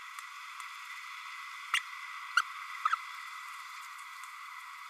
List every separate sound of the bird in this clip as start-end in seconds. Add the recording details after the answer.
1.73-1.79, 2.37-2.41, 2.85-2.95. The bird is a male. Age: 30 days. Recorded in a nest box in Venezuela. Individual 17B32A6